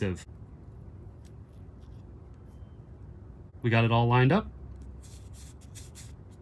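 A replacement Aurivor ear pad is positioned and lined up on the ear cup of a pair of Bose headphones, ready to be pushed on, with only faint, quiet handling noises including a soft tick at about 1.3 s. Someone talks briefly around 3.7 to 4.4 s, followed by light rustling toward the end. Nothing has seated or clicked yet.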